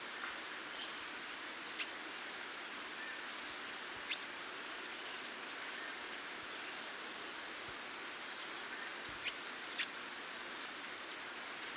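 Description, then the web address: Metallic-green tanager uttering high, thin ticking chips at irregular intervals, including a quick close pair near the end, above a constant buzzing insect chorus. Recorded in Ecuador. "S America Birds of Ecuador. Metallic-green Tanager"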